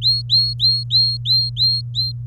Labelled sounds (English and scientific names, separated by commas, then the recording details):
Domestic Canary (Serinus canaria) song
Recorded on 24 April 2018 at 10:04
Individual llb3